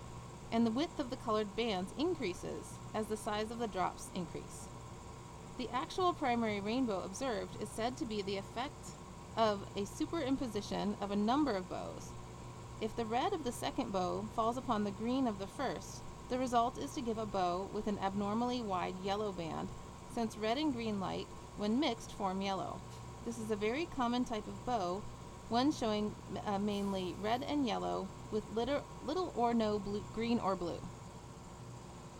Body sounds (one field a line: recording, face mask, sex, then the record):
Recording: reading aloud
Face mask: surgical mask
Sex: female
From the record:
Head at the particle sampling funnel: tilted down, bridge of the nose in front of it